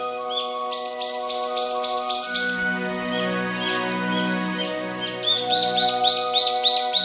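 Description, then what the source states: Brown-eared bulbul calls, a fast run of shrill, arched notes repeated about three times a second, with a steady droning musical tone underneath. Recorded on Kamishima island, Mie Prefecture, Japan.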